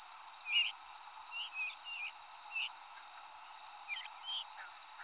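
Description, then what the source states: Veery calls: short slurred notes, several dropping in pitch, scattered irregularly throughout over a steady high-pitched insect drone. Descending calls at Danby on 13 August 2020 at 05:30.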